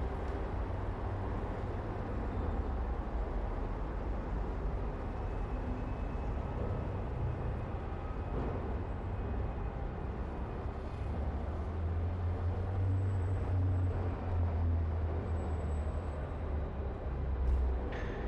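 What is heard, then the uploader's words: Street traffic rumbles steadily throughout, a dense low drone of engines with heavier rumbling surges around the middle and near the end. A faint high whine threads through at times, and a brief louder swell arrives just before the close. Automobiles, trucks, construction equipment, mopeds and motorcycles, buses, street sounds and a variety of police and ambulance sirens.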